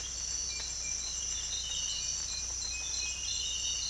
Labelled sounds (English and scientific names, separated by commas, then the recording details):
none
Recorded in dense forest near Puerto Asís, Putumayo, Colombia, on 22 December 2024 at 05:00
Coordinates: 0.486, -76.317
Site G003